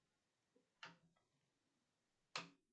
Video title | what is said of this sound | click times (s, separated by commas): Construction F1 SF90 - épisode final | Voilà, là c'est bien emboîté dedans. | 2.4 s